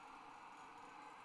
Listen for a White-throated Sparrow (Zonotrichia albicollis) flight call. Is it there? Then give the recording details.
no. No flight call is heard. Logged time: 02:15 on 30 November 2014